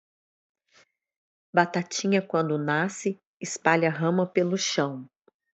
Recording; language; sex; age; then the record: short text; Brazilian Portuguese; female; 40 to 49 years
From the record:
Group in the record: control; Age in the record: 46 years